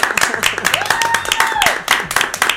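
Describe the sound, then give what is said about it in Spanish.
A few people seated at a table clap by hand, sharp overlapping claps in an uneven, scattered rhythm for a couple of seconds, with a brief voice sliding up and down beneath them. “El aplauso va a tener que ser entonces manual.”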